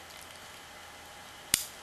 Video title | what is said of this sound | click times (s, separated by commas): Leatherman Charge TTI Review | locks into place | 1.5 s